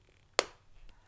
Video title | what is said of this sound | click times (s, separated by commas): FREECOM- Helmet installation | That click you heard is important. | 0.4 s